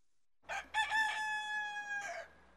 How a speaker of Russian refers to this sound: Кукареку!